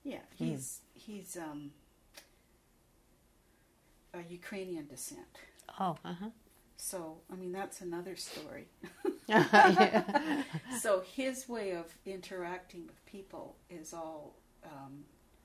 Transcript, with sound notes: Yeah he's he's um -- ah Ukrainian decent.
Oh ah ha.
So I mean that's another story. (both laugh) So his way of interacting with people is all um